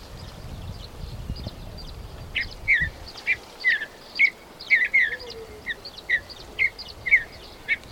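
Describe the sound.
Bird chirping in quick, slightly downslurred notes, roughly two per second, with a faint low rumble at the start.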